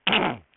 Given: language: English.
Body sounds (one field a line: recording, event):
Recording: throat vibration sensor signal played as sound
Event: throat clearing